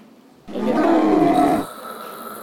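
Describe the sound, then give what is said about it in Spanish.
A single harsh, raspy monster roar from the fire-throwing Imp in the video game Doom, loud and gritty for about a second, then trailing off into a quieter hissing tail. No one speaks. “A mí me ese o el del coso, el del Imp.”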